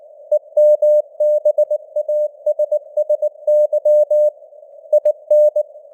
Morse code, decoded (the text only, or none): EMBASSY IN